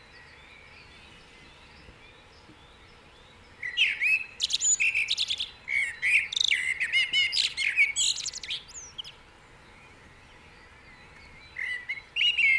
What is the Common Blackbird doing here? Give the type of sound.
song